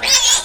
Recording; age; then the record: pig call; piglet (1 to 25 days)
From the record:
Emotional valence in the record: negative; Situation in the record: crushing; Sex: female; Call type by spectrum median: high-frequency call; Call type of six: high-frequency stable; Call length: 0.45 s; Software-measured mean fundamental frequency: 264 Hz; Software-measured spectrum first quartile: 3377 Hz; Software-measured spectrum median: 4981 Hz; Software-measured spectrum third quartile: 6464 Hz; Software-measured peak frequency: 5910 Hz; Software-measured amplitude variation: 125 dB a second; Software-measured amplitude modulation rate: 13.3 a second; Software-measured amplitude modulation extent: 9.5 dB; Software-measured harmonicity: 3.1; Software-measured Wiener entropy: -1.63